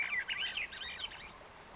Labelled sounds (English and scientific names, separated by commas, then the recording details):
Swainson's Thrush (Catharus ustulatus)
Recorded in Sonoma County, California